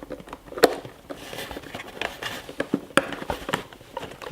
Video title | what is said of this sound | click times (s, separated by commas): How to install your Zenreach Access Point | in until it snaps and now you've got a clean connection where that cables coming out now | 3.0 s